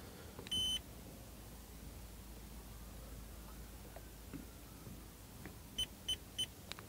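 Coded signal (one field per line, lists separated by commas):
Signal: beep code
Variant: trolling motor battery indicator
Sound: one longer high beep, a pause, then three short high beeps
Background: low outdoor rumble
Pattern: 3 short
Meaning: Three beeps mean 60 to 80% battery charge remaining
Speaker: now the number of beeps tells me how much charge I've got left there were three beeps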